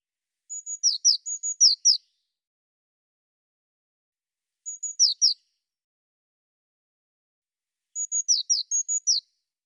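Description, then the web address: Eurasian blue tit call: thin, very high notes, a level tone followed by quick falling notes, repeated in three bursts a few seconds apart. "cianscape birddata Deverinetal 2025 File cleaned normalized Bird Cy Ca"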